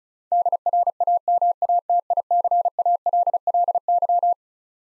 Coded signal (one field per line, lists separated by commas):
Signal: Morse code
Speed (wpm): 36 wpm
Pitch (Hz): 700 Hz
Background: none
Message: DRAMATICALLY